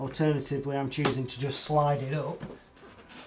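A plastic stand piece is slid up into position on the stand base of a 2021 Samsung AU9000 Crystal UHD 50-inch TV, rather than forced on. Someone talks throughout, and faint handling sounds follow as the speech trails off near the end. Nothing has seated or clicked yet.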